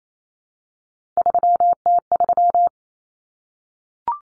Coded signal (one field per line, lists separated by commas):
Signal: Morse code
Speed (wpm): 28 wpm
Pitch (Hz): 700 Hz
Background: none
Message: 3T3